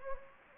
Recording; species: mosquito wingbeat signal from an infrared sensor; Anopheles gambiae